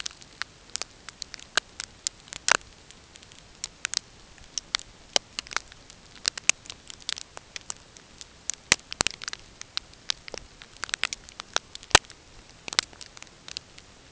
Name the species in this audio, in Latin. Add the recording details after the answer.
none. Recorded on Arctic tundra, site NAIT-1, on 20 June 2018. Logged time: 05:00